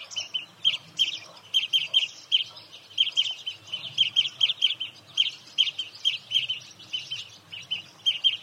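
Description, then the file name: European greenfinch twittering continuously, with clusters of sharp, high chirps repeated in quick succession over a faint low background rumble. "Chloris chloris"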